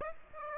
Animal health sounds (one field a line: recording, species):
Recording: mosquito wingbeat signal from an infrared sensor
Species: Aedes aegypti